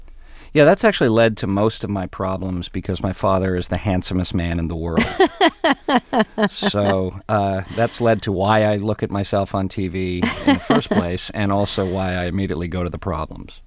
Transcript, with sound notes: Yeah. That's actually led to most of my problems because my father is the handsomest man in the world.
(Laughter).
So that's led to why I look at myself on TV in the first place and also why I immediately go to the problems.